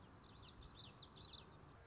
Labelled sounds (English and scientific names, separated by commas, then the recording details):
Common Yellowthroat (Geothlypis trichas)
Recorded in Sonoma County, California